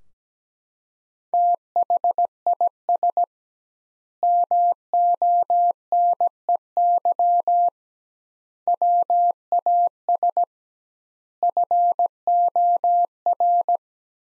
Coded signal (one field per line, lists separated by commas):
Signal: Morse code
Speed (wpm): 17 wpm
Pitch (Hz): 700 Hz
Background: none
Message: THIS MONEY WAS FOR